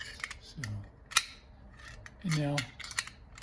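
A metal retaining part with a small ridge is handled against a doorknob lever assembly, making sharp metallic taps and light rattles while someone talks. Nothing has seated or clicked into place yet.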